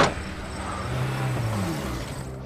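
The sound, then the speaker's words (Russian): A car door thuds shut at the start, then the engine of a red car hums and rises in pitch, its low droning tone climbing steadily before settling again. “Выбегает и садится в красную машину.”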